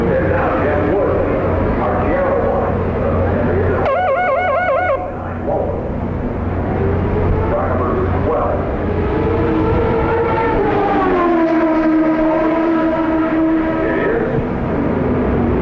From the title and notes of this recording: The Sounds of CART IndyCar at Detroit, 1990. Trackside sounds of the CART IndyCar Series as it raced around downtown Detroit on the former Formula 1 circuit. There’s also the distinct grunt and wail from the 3.4-liter single-turbo Buicks in action around the tight 2.5-mile street layout.